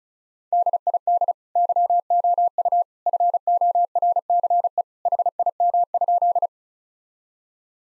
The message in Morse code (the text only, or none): DID YOU FORCE HIM?